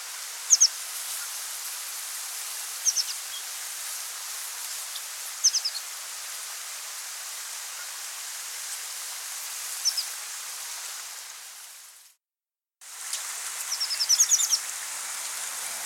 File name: Anthus rubescens - Buff-bellied Pipit